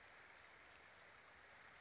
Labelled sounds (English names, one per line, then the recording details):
Western Flycatcher
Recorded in Sonoma County, California